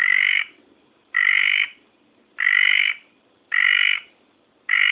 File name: litoria rubella